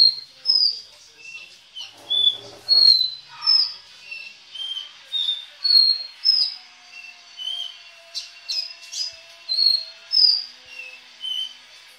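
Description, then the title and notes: Belgian canary song: a steady run of clear whistled notes, roughly one or two per second, alternating higher and lower pitches, with a brief lower rasp early on. "Canario Belga, nyonyastudio"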